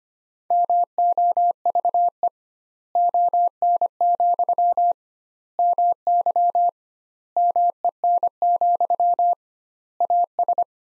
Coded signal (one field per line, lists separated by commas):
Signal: Morse code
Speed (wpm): 25 wpm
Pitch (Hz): 700 Hz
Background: none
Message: MOVE ON, MY MEN, AS